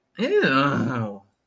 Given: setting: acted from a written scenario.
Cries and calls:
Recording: vocal sound without words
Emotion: disgust

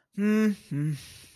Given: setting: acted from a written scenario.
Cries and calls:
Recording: vocal sound without words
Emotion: neutral

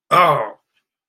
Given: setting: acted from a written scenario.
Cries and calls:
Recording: vocal sound without words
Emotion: pain

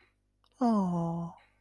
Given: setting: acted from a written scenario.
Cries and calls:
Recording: vocal sound without words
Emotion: adoration

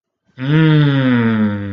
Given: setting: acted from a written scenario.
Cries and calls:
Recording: vocal sound without words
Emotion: realization

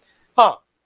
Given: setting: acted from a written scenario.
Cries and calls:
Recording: vocal sound without words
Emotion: interest

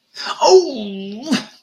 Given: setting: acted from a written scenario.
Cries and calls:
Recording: vocal sound without words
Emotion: pride

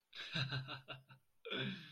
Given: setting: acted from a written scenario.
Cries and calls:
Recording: vocal sound without words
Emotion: amusement

